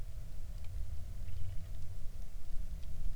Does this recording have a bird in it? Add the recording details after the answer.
yes. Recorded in the Arctic National Wildlife Refuge, Alaska, on 20 July 2019 at 03:34. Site 38